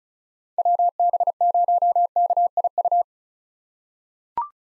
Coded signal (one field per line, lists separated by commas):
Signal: Morse code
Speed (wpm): 36 wpm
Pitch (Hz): 700 Hz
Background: none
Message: WB0KIU